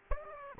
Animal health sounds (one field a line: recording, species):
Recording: mosquito wingbeat signal from an infrared sensor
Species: Aedes aegypti